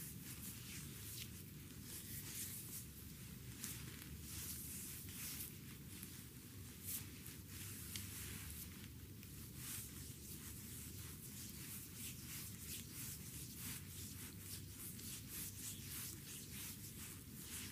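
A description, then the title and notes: A foot massage with rose petals: continuous rubbing and rustling that never pauses, dense and crackly like handling dry leaves. Quick crisp ticks flicker through the whole 18 seconds over a steady low, muffled rumble, with the level staying even throughout. Very tenderly ASMR foot massage with rose petals. Delicate and romantic foot massage with rose petals.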